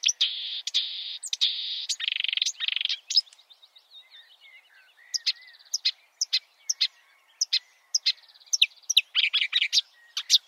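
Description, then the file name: Marsh warbler song opening with a long harsh buzz, then a slower sequence of sharp whistles, chatters and brief rattles. "suara-kicauan-burung-marsh-warbler -omkicau"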